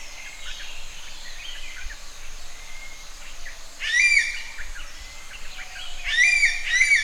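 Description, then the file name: Common green magpie giving a harsh, buzzy note and then a harsh, buzzy pair in the second half, after quieter scattered chirps and a steady background hiss. "suara burung ekek layongan atau cissa chinensis"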